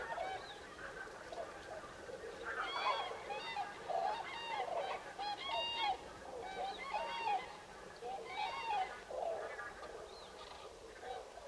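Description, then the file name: Common cranes giving dense bursts of bugling, rattling calls, several birds overlapping in waves. Recorded 5 November 2018. "2018 11 05 zurawie"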